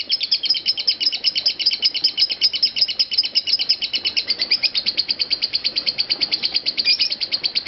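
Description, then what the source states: Lovebird delivering crisp, high chips in a fast, slightly uneven series that keeps going without pause. Lovebird singing in the style locally called konslet.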